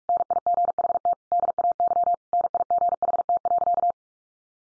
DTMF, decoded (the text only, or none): none